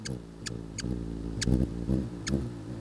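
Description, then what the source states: Ruby-throated hummingbird sounds: a low, steady whirring hum with sharp, high squeaky chips at irregular intervals. Squeaking and whirring; Macaulay Library recording.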